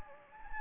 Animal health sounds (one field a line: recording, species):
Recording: mosquito wingbeat signal from an infrared sensor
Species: Anopheles gambiae